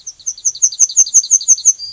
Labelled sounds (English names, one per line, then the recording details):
Yellowhammer song
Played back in forest
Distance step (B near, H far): B
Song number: 005